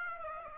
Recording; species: mosquito wingbeat signal from an infrared sensor; Aedes aegypti